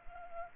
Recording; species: mosquito wingbeat signal from an infrared sensor; Culex pipiens